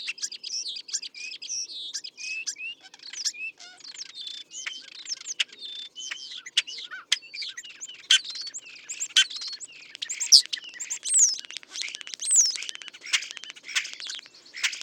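European starling giving a dense, continuous song of squeaks, whistles, clicks and grating rattles, varied and jumbled throughout with barely any breaks.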